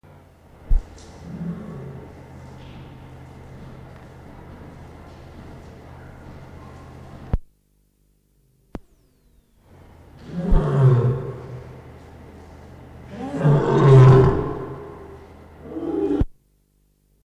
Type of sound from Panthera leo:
call